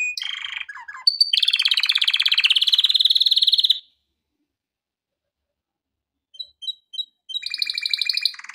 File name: canary